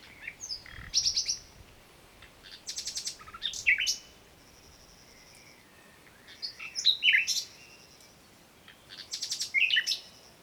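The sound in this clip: Common nightingale singing several short, varied phrases of clicks, whistles and chattering notes, each followed by a pause.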